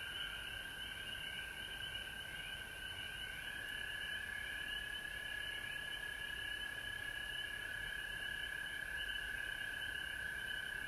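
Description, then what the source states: Frogs in full chorus, a prominent sustained lower tone beneath quick repeated pulsed trills, continuous throughout. Frogs recorded at home in Georgia on March 19, 2020.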